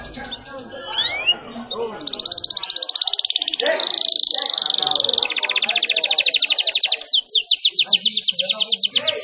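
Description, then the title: Canary song opening with scattered chirps, then long sustained high rolling trills that shift speed and end in a run of more separated notes. Canary singing a long, persistent rolling song. "Kenari Manasaja"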